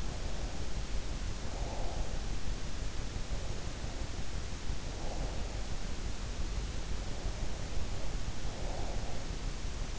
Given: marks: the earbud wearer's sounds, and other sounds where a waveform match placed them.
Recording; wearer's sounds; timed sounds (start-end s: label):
sounds in sleep by an in-ear microphone; breath
0.00-2.39 s: breath
3.29-5.82 s: breath
7.21-9.44 s: breath